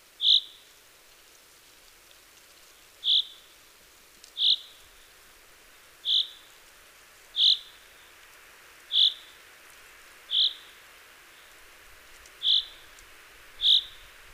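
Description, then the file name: Common chaffinch repeating a short, sharp high call, nine notes at irregular intervals of one to three seconds, with quiet background hiss. "Fringilla coelebs"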